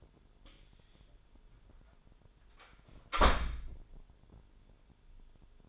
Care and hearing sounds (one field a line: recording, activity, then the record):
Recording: daily activity, microphone in the room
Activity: close door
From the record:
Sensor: 5